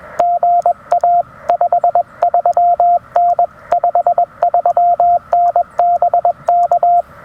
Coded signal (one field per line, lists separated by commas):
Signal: Morse code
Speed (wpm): 20 wpm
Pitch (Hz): 700 Hz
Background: radio noise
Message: GA 53N 53N BK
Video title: First Activation with the Radioddity HF-009 Portable Vertical Antenna: How Well Does It Work?